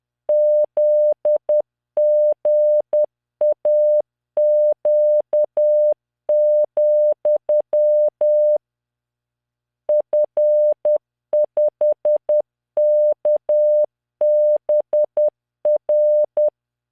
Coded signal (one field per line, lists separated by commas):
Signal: Morse code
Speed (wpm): 10 wpm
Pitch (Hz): 600 Hz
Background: none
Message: ZGAQ, F5KBR